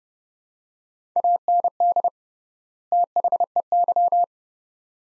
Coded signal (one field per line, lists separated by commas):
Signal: Morse code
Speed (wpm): 30 wpm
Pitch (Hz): 700 Hz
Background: none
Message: AND THEY